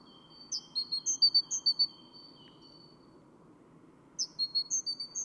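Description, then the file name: Great tit uttering two quick runs of thin, high notes swinging between a higher and lower pitch; a faint steady high tone runs beneath the first. "Parus major"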